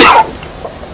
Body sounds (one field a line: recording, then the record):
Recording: coughing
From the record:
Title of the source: Coughing 60